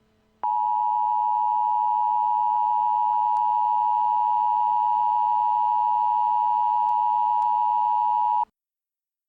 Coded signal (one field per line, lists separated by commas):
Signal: Emergency Alert System (SAME) tones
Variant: 853 and 960 Hz attention tone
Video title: Bad Omen EAS bullshit I'm legit only posting this on here to send to GC's